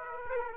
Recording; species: mosquito wingbeat signal from an infrared sensor; Aedes aegypti